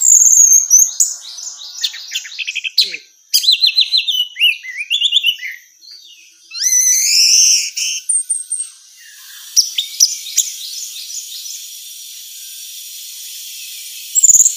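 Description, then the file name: Orange-headed thrush song: long run of varied high twittering phrases and rapid trills, pausing briefly midway, then softer notes trailing off over steady hiss. Female. "suara burung anis merah betina"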